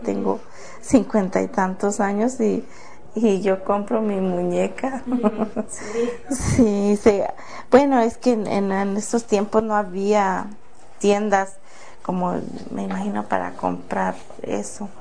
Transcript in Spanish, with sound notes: Ya tengo cincuenta y tantos años y yo compro mi muñeca, (risas) sí. Bueno, es que en estos tiempos no había tiendas como me imagino para comprar eso.